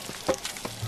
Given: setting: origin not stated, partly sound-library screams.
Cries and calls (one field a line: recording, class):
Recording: one-second piece from a danger detection set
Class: normal situation